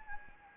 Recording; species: mosquito wingbeat signal from an infrared sensor; Anopheles gambiae